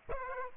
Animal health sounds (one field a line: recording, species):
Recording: mosquito wingbeat signal from an infrared sensor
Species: Aedes aegypti